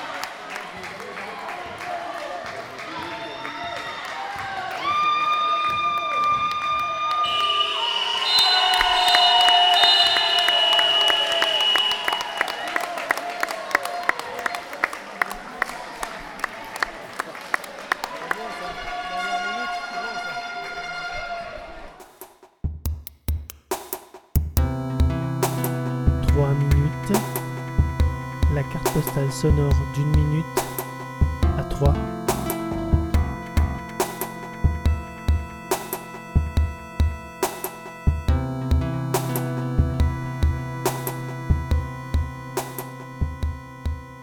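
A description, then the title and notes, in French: A women's basketball game: for the first twenty seconds a crowd murmurs and shouts, with long whistle blasts around eight to twelve seconds. After a short drop near 23 seconds, sharp thuds of a bouncing ball repeat at a steady pace over ringing tones. Basket féminin au gymnase Volbart à Sainte-Savine. Le SSB Sainte-Savine Basket reçoit le BST Basket Sanceo-Troyen.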